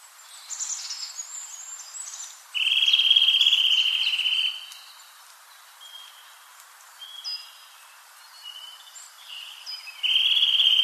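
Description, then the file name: Eurasian nuthatch giving rapid, even trills near one pitch, one lasting about two seconds and another starting near the end, with faint high chirps from other birds between. "Sitta europaea"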